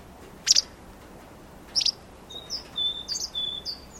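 Bird calls: two loud sharp high chips about a second apart, then a run of thin, level whistled notes.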